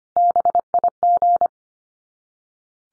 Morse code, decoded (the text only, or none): BIG